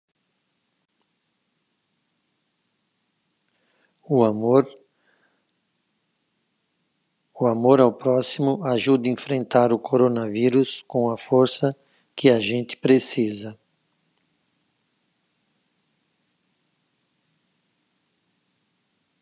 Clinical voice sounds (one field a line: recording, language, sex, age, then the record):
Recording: spoken sentence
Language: Brazilian Portuguese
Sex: male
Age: 50 to 59 years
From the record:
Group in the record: control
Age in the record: 57 years